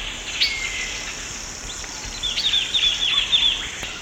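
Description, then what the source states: Lemon-chested greenlet delivering one brief run of several quick, sharp notes in the second half, against a continuous high-pitched insect background. Eastern lowlands of South America.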